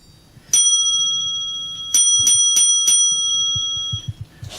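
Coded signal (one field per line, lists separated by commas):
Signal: bell signal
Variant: railway block bell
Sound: a single bell strike, a pause, then four quick strikes, ringing on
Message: 1-4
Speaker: the Bell code 14 heard from the signal box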